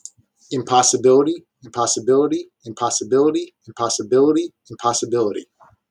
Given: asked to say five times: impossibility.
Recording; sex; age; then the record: repeated word; male; 30 to 39 years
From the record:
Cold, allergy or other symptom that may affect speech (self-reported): no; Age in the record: 39 years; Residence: New Jersey, United States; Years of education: 16